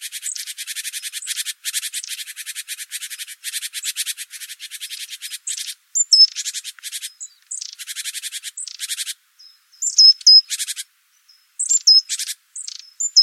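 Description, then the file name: Great tit churring, a steady rapid harsh rattle that breaks into separate buzzy bursts and whistled hooked notes toward the end. "Parus major"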